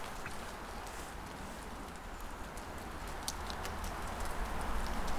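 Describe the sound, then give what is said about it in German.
Falling leaves patter continuously like light rain, a dense, steady hiss of soft ticks with a few sharper crisp taps scattered through. No one speaks. “Man könnte meinen, dass es regnet. Ist es aber nicht. Es fallen nur Blätter.”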